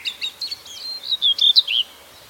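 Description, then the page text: Common whitethroat song, a short scratchy warble of rapid notes rising and falling, with soft background hiss. "Common Whitethroat Song Tornsanger Sang. knut the bird nerd"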